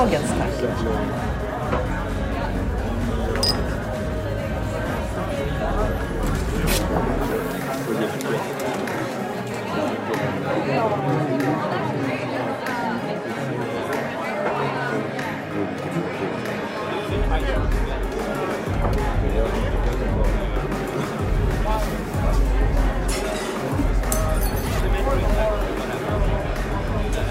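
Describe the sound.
Murmuring bar crowd: steady overlapping voices with occasional sharp clicks, a low rumble that drops out midway and returns near the end.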